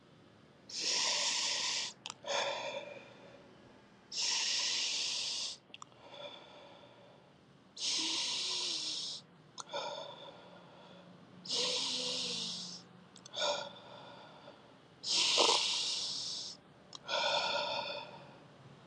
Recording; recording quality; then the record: deep breathing; excellent, no background noise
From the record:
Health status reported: COVID-19 positive, mild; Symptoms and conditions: cough, cold, sore throat, fever, fatigue, muscle pain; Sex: male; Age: 25 years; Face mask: not worn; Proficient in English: yes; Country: India